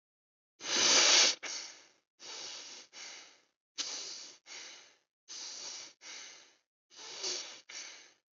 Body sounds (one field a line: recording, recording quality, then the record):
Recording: shallow breathing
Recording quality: excellent, no background noise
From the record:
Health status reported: healthy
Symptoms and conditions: none ticked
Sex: male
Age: 22 years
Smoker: not ticked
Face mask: not worn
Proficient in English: yes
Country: India